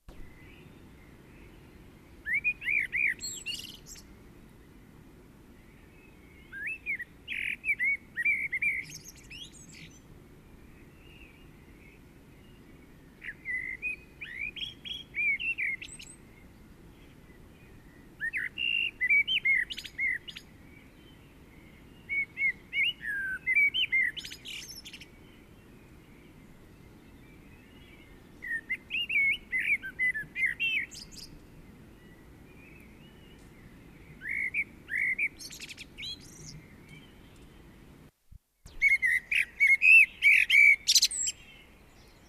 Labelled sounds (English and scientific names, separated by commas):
Common Blackbird (Turdus merula) song